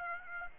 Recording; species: mosquito wingbeat signal from an infrared sensor; Aedes aegypti